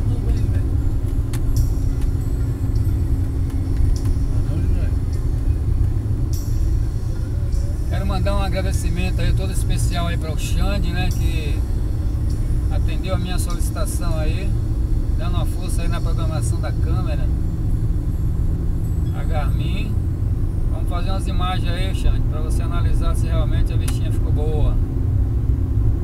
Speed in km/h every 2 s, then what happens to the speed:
77, 77, 75, 66, 64, 65, 67, 68, 69, 71, 72, 74, 75.
3-7 slows to 64. 7-26 speeds up to 75.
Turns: none.